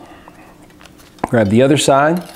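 A sheet-metal side panel is handled as it is fitted to the frame of a folding camp stove, a Bushbox stove by Bushcraft Essentials, with faint light taps at about 0.3, 0.8, 0.9 and 1.2 seconds before someone talks. The panel has not yet locked into place, and nothing has seated or clicked yet.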